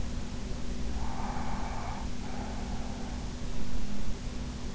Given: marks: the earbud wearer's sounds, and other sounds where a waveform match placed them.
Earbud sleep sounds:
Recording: sounds in sleep by an in-ear microphone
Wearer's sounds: breath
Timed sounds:
0.86-3.31 s: breath

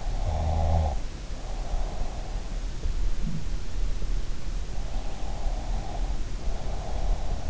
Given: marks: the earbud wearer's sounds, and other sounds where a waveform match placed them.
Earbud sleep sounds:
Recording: sounds in sleep by an in-ear microphone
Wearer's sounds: snoring breath, breath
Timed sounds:
0.01-2.14 s: snoring breath
5.03-7.50 s: breath

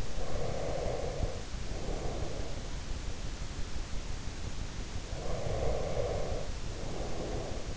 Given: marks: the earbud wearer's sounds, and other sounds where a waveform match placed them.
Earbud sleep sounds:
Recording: sounds in sleep by an in-ear microphone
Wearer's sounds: breath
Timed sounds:
0.19-2.69 s: breath
4.92-7.76 s: breath

